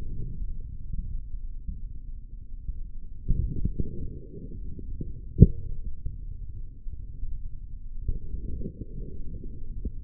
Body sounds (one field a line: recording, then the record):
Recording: forearm muscle sounds (acoustic myography)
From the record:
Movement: forearm pronation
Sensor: system 3, bracelet of six PUI Audio POM-2738L microphones around the upper forearm, with dedicated amplification and filtering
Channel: 6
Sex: male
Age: 25 years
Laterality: right